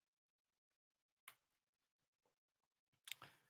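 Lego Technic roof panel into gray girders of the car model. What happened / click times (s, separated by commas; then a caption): The plastic roof panel snapped into place / 1.3 s, 3.1 s. The second side of a Lego Technic roof panel on a Lego ZR1 car model is bent down between gray girders and pressed onto the plastic frame. Sharp plastic clicks sound at 1.3 s and 3.1 s, with faint handling noise between them. The roof panel snaps into place and is seated.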